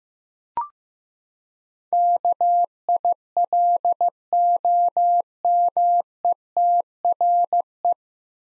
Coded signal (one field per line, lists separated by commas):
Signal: Morse code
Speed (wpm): 15 wpm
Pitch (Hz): 700 Hz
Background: none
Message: KILOMETRE